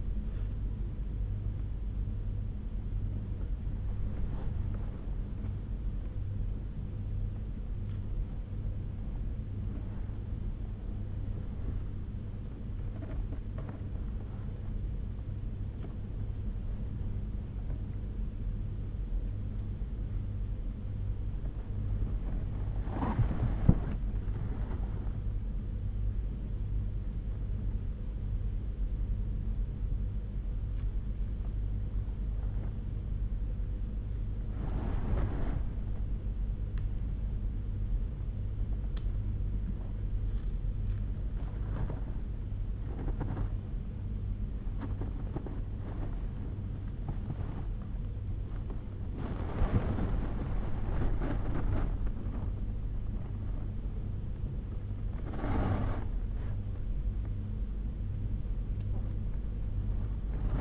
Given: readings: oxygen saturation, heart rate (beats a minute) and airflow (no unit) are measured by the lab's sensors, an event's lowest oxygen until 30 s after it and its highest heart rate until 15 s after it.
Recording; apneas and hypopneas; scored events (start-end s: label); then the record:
a person awake in a sleep study, by a smartphone at the bedside; none
0.00-60.61 s: awake
From the record:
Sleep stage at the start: awake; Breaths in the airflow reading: 15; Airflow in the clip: -7.2 to 8.8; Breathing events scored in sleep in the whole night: 201 in 6.5 hours asleep